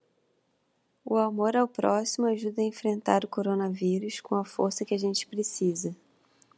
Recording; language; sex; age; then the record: spoken sentence; Brazilian Portuguese; female; 30 to 39 years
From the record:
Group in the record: control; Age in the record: 34 years